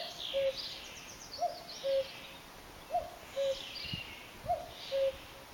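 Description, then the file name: Common cuckoo song: repeated two-note cu-coo, the first note higher and the second lower, roughly every one and a half seconds, with faint background noise. "Kuckuck"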